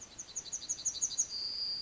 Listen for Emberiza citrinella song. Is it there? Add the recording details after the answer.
yes. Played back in forest. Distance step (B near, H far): E. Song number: 122